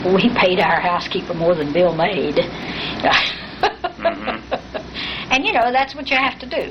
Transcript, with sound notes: we paid our housekeeper more than Bill made. [laughter] You know, that's what you have to do.